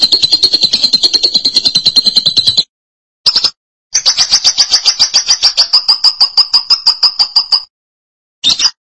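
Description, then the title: Lovebird chattering song, a shrill buzzy trill held steady for seconds, broken by short pauses and brief squeaky bursts, then resuming in a long rapid pulsing run. "BM Suara Burung Lovebird"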